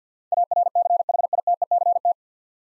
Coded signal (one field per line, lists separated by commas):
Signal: Morse code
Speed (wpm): 50 wpm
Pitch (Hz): 700 Hz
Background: none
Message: ARCHITECT